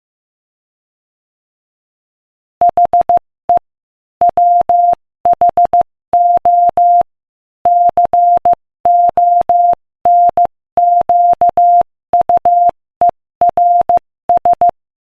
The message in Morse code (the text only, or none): HE WHO CONQUERS